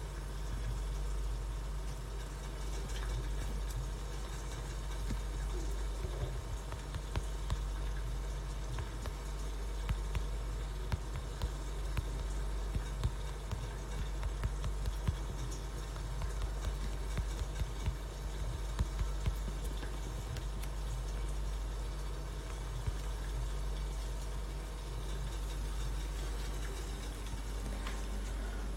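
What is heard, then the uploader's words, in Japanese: Green coffee beans roasting: a steady, heavy low hum from the roaster runs without a break for the whole clip. Over it comes a dense, busy rattle of small ticks and crackles, with sharper pops scattered irregularly throughout. 今朝は”キリマンジャロブレンド”生豆を焙煎。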